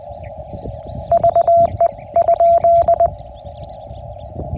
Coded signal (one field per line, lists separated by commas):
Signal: Morse code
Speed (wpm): 20 wpm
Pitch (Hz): 690 Hz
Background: none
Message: VE?